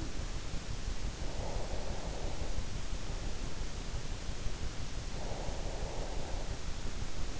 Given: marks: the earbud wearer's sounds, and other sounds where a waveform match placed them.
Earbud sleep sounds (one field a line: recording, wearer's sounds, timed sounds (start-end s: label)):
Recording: sounds in sleep by an in-ear microphone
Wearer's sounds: breath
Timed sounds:
1.12-2.93 s: breath
4.90-6.78 s: breath